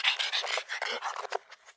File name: pug pant